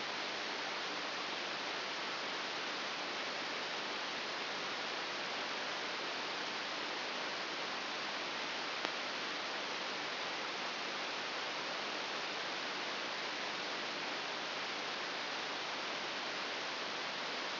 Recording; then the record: brain microelectrode recording played as sound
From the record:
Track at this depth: inside the subthalamic nucleus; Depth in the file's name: 4.602 mm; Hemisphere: right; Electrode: 3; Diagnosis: Parkinson's disease